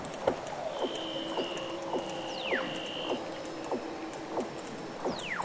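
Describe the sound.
Weddell seal calls: two whistles sweeping steeply downward, a steady high tone, and regular low knocking pulses, over underwater crackle.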